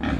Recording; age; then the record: pig call; growing-finishing pig (85 days or more)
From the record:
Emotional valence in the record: negative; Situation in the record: barren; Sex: female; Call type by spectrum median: low-frequency call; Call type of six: low-frequency modulated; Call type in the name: low-frequency modulated, not sure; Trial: 1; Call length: 0.20 s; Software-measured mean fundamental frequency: 65 Hz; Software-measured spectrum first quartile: 188 Hz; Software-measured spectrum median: 373 Hz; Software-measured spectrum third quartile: 1330 Hz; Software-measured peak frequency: 263 Hz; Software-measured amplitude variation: 154 dB a second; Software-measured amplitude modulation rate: 19.5 a second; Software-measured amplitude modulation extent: 7.9 dB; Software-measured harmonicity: -0.6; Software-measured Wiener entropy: -1.66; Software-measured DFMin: 504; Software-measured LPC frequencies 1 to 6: 1710, 2381, 3324, 5517, 6409, 9592 Hz